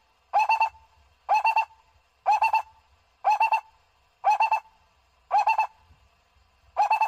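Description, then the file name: Barbet giving repeated hollow pulsed notes, each a tight group of beats, delivered about once per second with near-silence between. "tieng cu roc bung nau"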